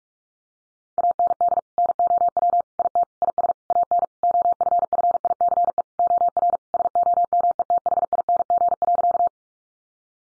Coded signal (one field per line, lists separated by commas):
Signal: Morse code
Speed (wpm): 44 wpm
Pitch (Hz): 700 Hz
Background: none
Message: AND NOW IT IS AN OFFICE OR SOMETHING.